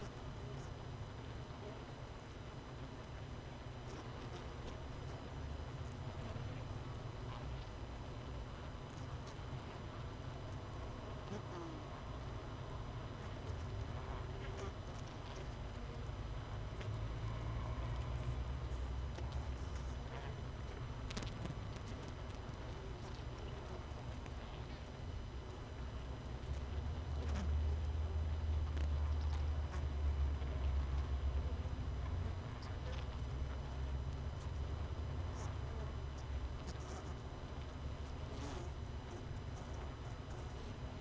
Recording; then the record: honeybee colony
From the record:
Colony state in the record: missing queen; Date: 31 May 2018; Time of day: 18:10